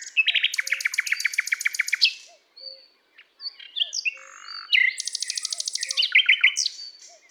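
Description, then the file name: Common nightingale giving a rapid machine-gun rattle of repeated notes, a brief pause with softer notes, then another fast rattling phrase; faint low calls underneath. "Luscinia megarhynchos"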